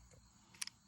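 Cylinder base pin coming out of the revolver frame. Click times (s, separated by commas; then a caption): 0.6 s. With a Heritage Rough Rider .22 LR/.22 Mag revolver at half cock and the latch pushed in, the steel cylinder base pin (the "operating rod") is pulled out of the frame; it sticks at first, as it sometimes does. It frees with a sharp metallic click at 0.6 s, followed by a second, slightly softer tick at about 0.7 s, and the pin comes free of the frame.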